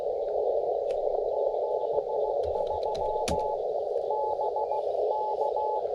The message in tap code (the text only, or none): none